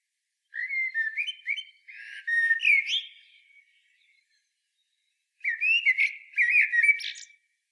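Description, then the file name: Common blackbird song: two fluty, warbled phrases with low mellow notes, each ending in higher, squeaky twittering, separated by a pause of about a second. "Turdus merula"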